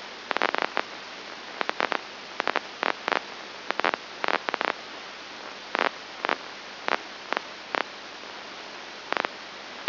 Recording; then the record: brain microelectrode recording played as sound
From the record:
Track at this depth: inside the subthalamic nucleus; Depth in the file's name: 3.302 mm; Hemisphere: left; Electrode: 2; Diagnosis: Parkinson's disease